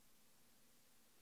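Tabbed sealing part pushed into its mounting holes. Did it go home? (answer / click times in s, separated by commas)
no / none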